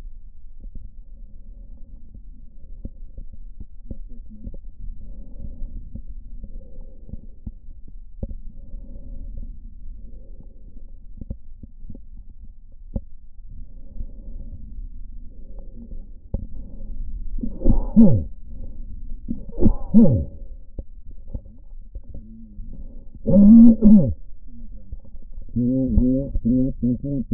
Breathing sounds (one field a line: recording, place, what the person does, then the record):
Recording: lung sounds by stethoscope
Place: right posterior apical chest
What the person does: quiet breathing, then cough and speech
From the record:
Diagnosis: pulmonary infection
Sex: male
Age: 54 years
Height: 187 cm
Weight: 95 kg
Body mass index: 27.2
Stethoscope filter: diaphragm mode